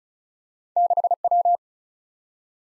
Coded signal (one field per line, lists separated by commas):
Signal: Morse code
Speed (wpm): 36 wpm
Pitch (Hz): 700 Hz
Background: none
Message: 6W